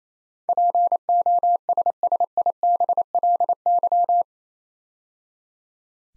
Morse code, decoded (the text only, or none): POSSIBLY